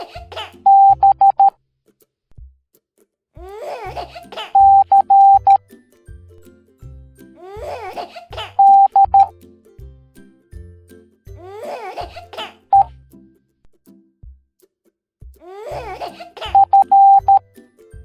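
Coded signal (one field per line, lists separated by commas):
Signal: Morse code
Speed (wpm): 13 wpm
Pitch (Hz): 790 Hz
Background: music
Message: B C D E F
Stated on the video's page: Morse code alphabet lesson in a children's cartoon.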